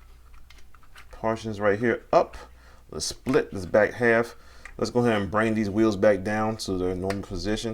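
Someone talks while handling the plastic wheel assemblies of a Toyworld TW-C05 Shovel transforming robot figure (Constructicon Scrapper), splitting the back half and starting to fold the wheels back down toward their normal position. A few faint small clicks and taps come early, around 0.4 to 0.8 seconds. Nothing has seated or clicked into place yet; the ratcheting wheel joint has not gone home.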